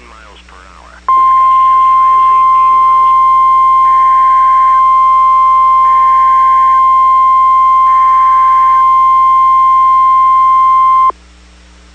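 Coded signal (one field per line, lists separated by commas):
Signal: Emergency Alert System (SAME) tones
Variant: 1050 Hz attention tone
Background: speech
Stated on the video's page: EAS alert from a weather radio station.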